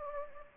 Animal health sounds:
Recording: mosquito wingbeat signal from an infrared sensor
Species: Anopheles gambiae

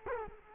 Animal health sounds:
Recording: mosquito wingbeat signal from an infrared sensor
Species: Culex quinquefasciatus

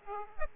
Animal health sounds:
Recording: mosquito wingbeat signal from an infrared sensor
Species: Aedes aegypti

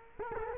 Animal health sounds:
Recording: mosquito wingbeat signal from an infrared sensor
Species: Culex quinquefasciatus

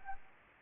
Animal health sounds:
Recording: mosquito wingbeat signal from an infrared sensor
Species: Anopheles arabiensis

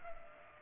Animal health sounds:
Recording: mosquito wingbeat signal from an infrared sensor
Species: Culex pipiens

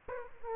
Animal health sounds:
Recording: mosquito wingbeat signal from an infrared sensor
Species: Aedes aegypti

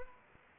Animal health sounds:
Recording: mosquito wingbeat signal from an infrared sensor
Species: Anopheles arabiensis

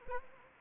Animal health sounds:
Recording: mosquito wingbeat signal from an infrared sensor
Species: Anopheles arabiensis

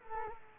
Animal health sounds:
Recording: mosquito wingbeat signal from an infrared sensor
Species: Culex quinquefasciatus

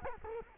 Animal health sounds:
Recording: mosquito wingbeat signal from an infrared sensor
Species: Culex quinquefasciatus

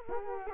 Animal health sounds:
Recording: mosquito wingbeat signal from an infrared sensor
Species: Culex quinquefasciatus

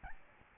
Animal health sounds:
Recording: mosquito wingbeat signal from an infrared sensor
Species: Aedes albopictus

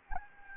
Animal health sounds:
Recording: mosquito wingbeat signal from an infrared sensor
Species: Anopheles arabiensis

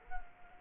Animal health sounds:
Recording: mosquito wingbeat signal from an infrared sensor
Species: Culex quinquefasciatus

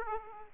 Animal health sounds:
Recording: mosquito wingbeat signal from an infrared sensor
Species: Aedes aegypti

